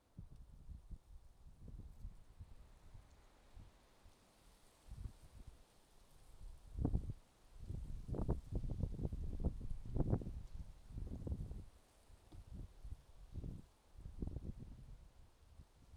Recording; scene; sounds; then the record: everyday scene through a hearing-aid microphone; wind on the microphone; wind, traffic, birds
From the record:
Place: suburban garden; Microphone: in the ear canal, left